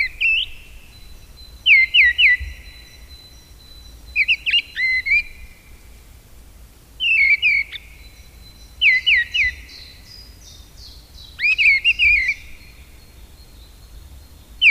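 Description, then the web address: Mistle thrush song: short groups of three or four sharp downslurred whistles, repeated every few seconds, with a faint high steady tone behind. "agykontroll Madardalok Cd 1. Léprigó"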